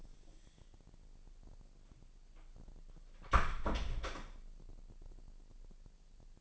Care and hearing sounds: daily activity, microphone in the room; close door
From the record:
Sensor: 5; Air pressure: 1001.3 hPa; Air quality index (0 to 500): 248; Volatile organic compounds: 35 ppm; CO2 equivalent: 3060 ppm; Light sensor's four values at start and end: 36/83/33/31 and 36/83/33/32

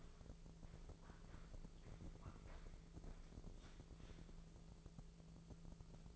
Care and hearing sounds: daily activity, microphone in the room; walk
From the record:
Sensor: 5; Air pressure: 1005.6 hPa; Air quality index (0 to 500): 88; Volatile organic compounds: 2 ppm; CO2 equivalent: 1063 ppm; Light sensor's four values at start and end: 33/76/30/28 and 33/76/30/28

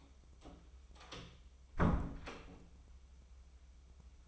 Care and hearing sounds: daily activity, microphone in the room; close door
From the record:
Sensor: 1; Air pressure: 996.1 hPa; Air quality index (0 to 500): 45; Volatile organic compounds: 1 ppm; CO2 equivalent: 964 ppm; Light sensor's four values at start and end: 14/33/14/16 and 14/33/14/15

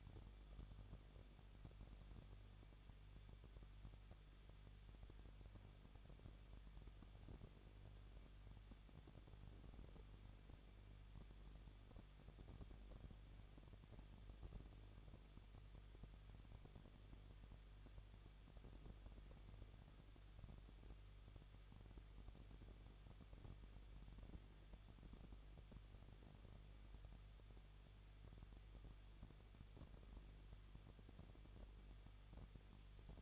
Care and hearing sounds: daily activity, microphone in the room; no activity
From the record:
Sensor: 4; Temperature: 23.1 degrees Celsius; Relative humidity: 34.0%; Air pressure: 1007.2 hPa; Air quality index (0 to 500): 216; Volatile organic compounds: 15 ppm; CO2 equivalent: 2491 ppm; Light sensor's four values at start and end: 2/3/1/1 and 2/3/1/1

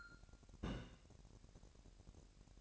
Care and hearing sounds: daily activity, microphone in the room; place on stove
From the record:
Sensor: 2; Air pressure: 1011.9 hPa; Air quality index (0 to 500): 193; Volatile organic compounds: 3 ppm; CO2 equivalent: 1370 ppm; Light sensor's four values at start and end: 70/166/67/64 and 70/166/67/64

